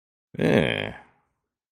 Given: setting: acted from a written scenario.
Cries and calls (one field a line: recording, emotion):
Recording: vocal sound without words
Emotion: pride